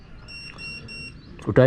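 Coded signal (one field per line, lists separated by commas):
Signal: none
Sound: drone arming beeps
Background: speech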